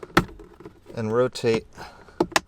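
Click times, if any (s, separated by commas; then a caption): 2.4 s. Someone talks while the second plastic glove box stopper knob on a 2011–14 Hyundai Elantra is slid into its dashboard hole, with the glove box lifted slightly, during a cabin air filter replacement. The knob is rotated and gives a sharp click at 2.4 s, just after another knock at 2.2 s. The knob is seated.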